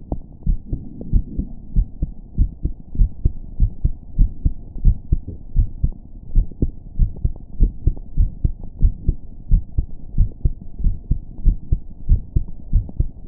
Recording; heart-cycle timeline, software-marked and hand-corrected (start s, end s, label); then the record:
heart sounds
0.00	0.11	systole
0.11	0.19	S2
0.19	0.47	diastole
0.47	0.57	S1
0.57	0.71	systole
0.71	0.81	S2
0.81	1.11	diastole
1.11	1.23	S1
1.23	1.37	systole
1.37	1.47	S2
1.47	1.75	diastole
1.75	1.87	S1
1.87	2.01	systole
2.01	2.11	S2
2.11	2.39	diastole
2.39	2.51	S1
2.51	2.63	systole
2.63	2.71	S2
2.71	2.97	diastole
2.97	3.09	S1
3.09	3.23	systole
3.23	3.33	S2
3.33	3.61	diastole
3.61	3.71	S1
3.71	3.83	systole
3.83	3.93	S2
3.93	4.19	diastole
4.19	4.31	S1
4.31	4.43	systole
4.43	4.53	S2
4.53	4.83	diastole
4.83	4.97	S1
4.97	5.11	systole
5.11	5.23	S2
5.23	5.57	diastole
5.57	5.69	S1
5.69	5.83	systole
5.83	5.95	S2
5.95	6.31	diastole
6.31	6.45	S1
6.45	6.61	systole
6.61	6.71	S2
6.71	6.99	diastole
6.99	7.11	S1
7.11	7.23	systole
7.23	7.33	S2
7.33	7.61	diastole
7.61	7.73	S1
7.73	7.85	systole
7.85	7.95	S2
7.95	8.19	diastole
8.19	8.31	S1
8.31	8.43	systole
8.43	8.53	S2
8.53	8.81	diastole
8.81	8.93	S1
8.93	9.07	systole
9.07	9.17	S2
9.17	9.51	diastole
9.51	9.63	S1
9.63	9.77	systole
9.77	9.87	S2
9.87	10.17	diastole
10.17	10.29	S1
10.29	10.43	systole
10.43	10.53	S2
10.53	10.81	diastole
10.81	10.95	S1
10.95	11.09	systole
11.09	11.19	S2
11.19	11.45	diastole
11.45	11.57	S1
11.57	11.71	systole
11.71	11.79	S2
11.79	12.09	diastole
12.09	12.21	S1
12.21	12.35	systole
12.35	12.45	S2
12.45	12.73	diastole
12.73	12.85	S1
12.85	12.99	systole
12.99	13.07	S2
13.07	13.28	diastole
From the record:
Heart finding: normal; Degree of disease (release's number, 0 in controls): 0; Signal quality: good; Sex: male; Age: 24 years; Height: 1.74 m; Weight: 72 kg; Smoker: no